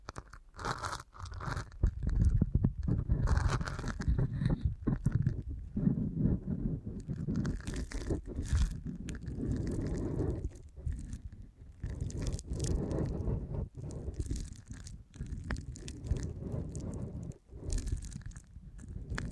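Deep ear canal massage sounds: dense, low rubbing and muffled scraping fill the whole stretch, with frequent quick crunchy pops and clicks. The texture stays busy and uneven, swelling and thinning in short bursts, with brief quieter gaps near 1, 10, 12 and 17 seconds.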